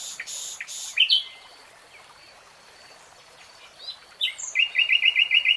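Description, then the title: Nightingale song: short rough notes, a long quiet pause, then a fast run of loud repeated notes. Nightingale singing in real time. "[Tiếng chim hót] 3 Hours REALTIME Nightingale Singing"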